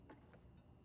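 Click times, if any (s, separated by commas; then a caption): none. A fuel line quick-connect clip on the fuel rail line of a 5.4L engine in a 2002 F150 is handled as it is worked back into place, giving a brief sharp tap around 0.1 s and a softer one near 0.3 s over a low steady background. Nothing has seated or clicked yet.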